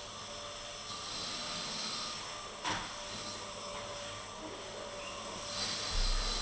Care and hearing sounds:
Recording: daily activity, microphone in the room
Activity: vacuum cleaning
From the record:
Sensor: 4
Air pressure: 1012.7 hPa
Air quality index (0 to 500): 249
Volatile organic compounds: 5 ppm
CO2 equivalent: 1706 ppm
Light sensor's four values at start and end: 13/29/11/11 and 12/28/11/11

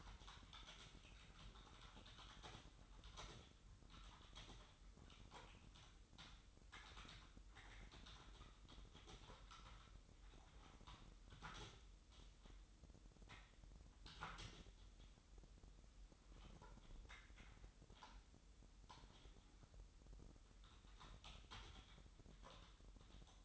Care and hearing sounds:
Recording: daily activity, microphone in the room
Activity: typing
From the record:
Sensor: 3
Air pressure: 988.8 hPa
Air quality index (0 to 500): 205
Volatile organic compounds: 442 ppm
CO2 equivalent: 4738 ppm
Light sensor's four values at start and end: 25/81/33/30 and 25/81/33/30

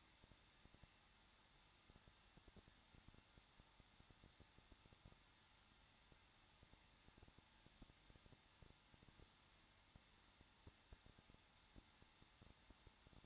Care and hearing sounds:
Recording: daily activity, microphone in the room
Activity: no activity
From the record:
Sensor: 3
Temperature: 21.2 degrees Celsius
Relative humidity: 36.4%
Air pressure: 1006.4 hPa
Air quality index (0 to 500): 224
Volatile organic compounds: 44 ppm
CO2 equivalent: 3211 ppm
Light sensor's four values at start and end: 2/3/2/2 and 2/3/2/2

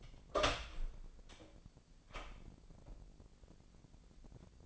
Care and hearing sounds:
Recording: daily activity, microphone in the room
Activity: open door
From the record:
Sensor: 5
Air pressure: 1009.3 hPa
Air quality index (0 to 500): 166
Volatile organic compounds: 2 ppm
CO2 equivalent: 1266 ppm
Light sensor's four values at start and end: 141/331/142/154 and 141/331/142/154

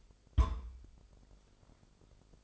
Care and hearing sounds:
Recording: daily activity, microphone in the room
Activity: place on stove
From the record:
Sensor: 5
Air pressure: 995.5 hPa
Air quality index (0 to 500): 96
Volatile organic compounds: 5 ppm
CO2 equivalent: 1825 ppm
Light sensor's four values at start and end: 33/79/32/34 and 33/80/33/34

